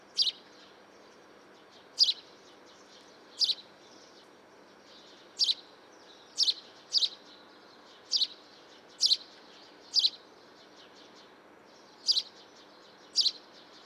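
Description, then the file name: House sparrow repeating single bright chirps at uneven intervals, over low background hiss. "Passer domesticus"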